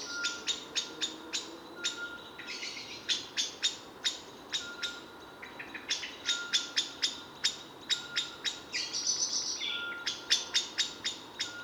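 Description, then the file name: Common blackbird chinking persistently, sharp clicks in fast uneven series throughout, with a brief higher-pitched sound late on and constant faint hiss. "Turdus merula"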